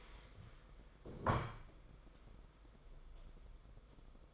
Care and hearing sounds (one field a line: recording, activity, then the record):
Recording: daily activity, microphone in the room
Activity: stand up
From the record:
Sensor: 5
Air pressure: 990.7 hPa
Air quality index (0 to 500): 150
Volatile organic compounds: 163 ppm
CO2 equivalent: 4077 ppm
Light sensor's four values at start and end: 45/137/52/56 and 45/136/52/56